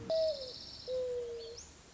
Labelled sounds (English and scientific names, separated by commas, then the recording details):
Mourning Dove (Zenaida macroura)
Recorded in Sonoma County, California